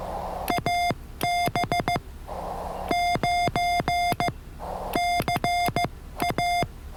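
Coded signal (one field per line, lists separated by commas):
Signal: Morse code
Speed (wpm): 15 wpm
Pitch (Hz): 700 Hz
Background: none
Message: AB9CA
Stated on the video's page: Morse copying practice from a POTA park activation at Biscayne National Park, reached by boat.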